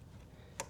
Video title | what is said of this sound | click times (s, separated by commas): How I Completely Updated My Ram 1500 With Automotive Touch Up Paint! | Snap. and it'll snap in | 0.6 s